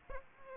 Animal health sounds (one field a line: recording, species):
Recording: mosquito wingbeat signal from an infrared sensor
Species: Aedes aegypti